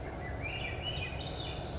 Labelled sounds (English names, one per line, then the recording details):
Swainson's Thrush
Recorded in Sonoma County, California